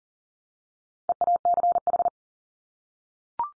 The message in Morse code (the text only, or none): EACH